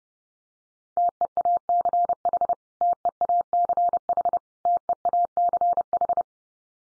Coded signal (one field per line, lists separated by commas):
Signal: Morse code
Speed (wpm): 30 wpm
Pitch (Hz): 700 Hz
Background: none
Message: TEACH TEACH TEACH